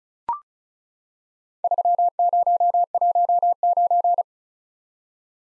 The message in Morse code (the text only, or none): 3019